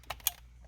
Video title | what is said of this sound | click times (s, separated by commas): 2014 Dodge Durango/ Jeep Grand Cherokee Airbag, Steering Wheel, Turn Signal, Clock Spring Removal | listen for it to snap make sure it's in there tight that's going to be important next thing we'll do | 0.1 s, 0.3 s